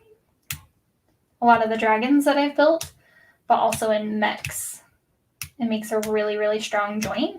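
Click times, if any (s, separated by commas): 0.5 s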